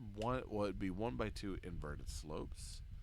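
Plastic 1x2 inverted slope Lego bricks are handled while being pressed into place on a Lego City 2026 Hot Rod toy car (set 60485). Throughout the clip, someone talks. Nothing has seated or clicked yet.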